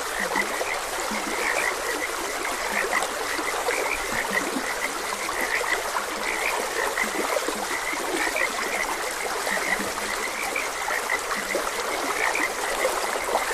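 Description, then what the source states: Frogs croaking continuously, a dense run of short repeated notes with occasional low croaks, under steady flowing-water noise. Frogs croaking beside a gentle stream.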